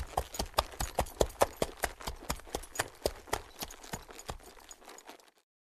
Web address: лошади